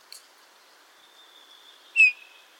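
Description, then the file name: Eurasian bullfinch giving a single soft, slightly falling piped whistle, with a thin, steady high tone and a faint chirp earlier. "Pyrrhula pyrrhula"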